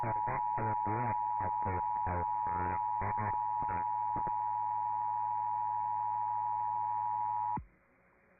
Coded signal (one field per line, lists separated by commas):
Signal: Emergency Alert System (SAME) tones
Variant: 853 and 960 Hz attention tone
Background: speech, music